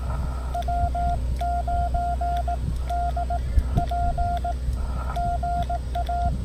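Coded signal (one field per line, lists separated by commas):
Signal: Morse code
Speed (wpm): 18 wpm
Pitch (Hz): 690 Hz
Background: none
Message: W9DP GA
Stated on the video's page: Parks on the Air activation, worked in CW and SSB.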